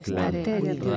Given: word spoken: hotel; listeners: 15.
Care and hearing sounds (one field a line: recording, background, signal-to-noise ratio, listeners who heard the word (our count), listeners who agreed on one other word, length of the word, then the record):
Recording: one Spanish word in noise, from a listening test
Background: four-talker babble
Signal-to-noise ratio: -3.0 dB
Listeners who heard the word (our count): 0 of 15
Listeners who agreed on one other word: 6 of 15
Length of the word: 0.57 s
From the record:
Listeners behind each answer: 6, 3, 2, 1, 1, 1, 1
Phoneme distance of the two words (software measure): 38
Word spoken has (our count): 2 syllables, 4 phonemes, stress on syllable 2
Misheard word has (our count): 3 syllables, 6 phonemes, stress on syllable 3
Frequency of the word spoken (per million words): 81.58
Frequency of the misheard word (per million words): 6.79